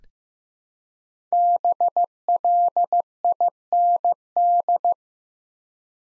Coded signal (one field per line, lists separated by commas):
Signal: Morse code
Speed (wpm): 15 wpm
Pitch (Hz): 700 Hz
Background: none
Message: BLIND